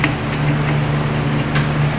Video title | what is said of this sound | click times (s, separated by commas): 2017 Subaru Outback Dash Lights Apocalypse – P2005 TGV Code Explained | That's all clicked back in. | 0.0 s